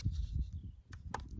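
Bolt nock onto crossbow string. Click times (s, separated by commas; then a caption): 1.2 s. A crossbow bolt is loaded with its white vane down and pushed back until its nock snaps onto the string. A slight, sharp click is heard at 1.2 s, with a fainter tick just before it, over a low background rumble. The nock is seated on the string and the bow is fully loaded.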